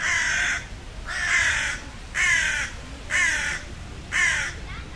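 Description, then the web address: Bird giving five harsh, hoarse, caw-like calls, each about half a second long, repeated roughly once a second over a steady background hiss. "Deverinetal 2025 File origin Bird Only"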